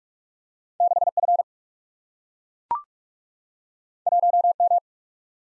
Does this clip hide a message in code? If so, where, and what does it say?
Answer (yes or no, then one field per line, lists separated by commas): yes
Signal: Morse code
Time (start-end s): 0.8-4.8 s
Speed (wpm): 44 wpm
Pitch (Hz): 700 Hz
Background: none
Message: 6F 1M